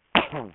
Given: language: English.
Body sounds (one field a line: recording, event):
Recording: throat vibration sensor signal played as sound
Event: cough